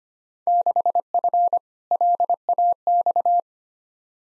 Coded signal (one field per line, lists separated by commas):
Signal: Morse code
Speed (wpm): 25 wpm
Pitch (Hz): 700 Hz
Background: none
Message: 6F LAX